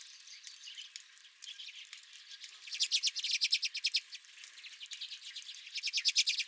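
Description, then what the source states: Redpolls twittering, soft and scattered at first, then a loud burst of quick, buzzy repeated notes, and another rapid run near the end. At the recordist's own feeder.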